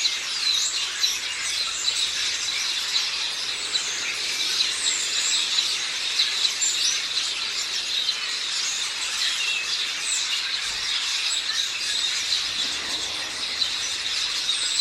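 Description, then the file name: House sparrows in a noisy chorus, continuous overlapping chirping throughout, with occasional clearer short notes rising above the general twitter. "Passer domesticus"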